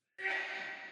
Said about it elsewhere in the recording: If they just heard that sneeze, that would be impressive. Whoever just sneezed, I thought they just exploded. That was impressive.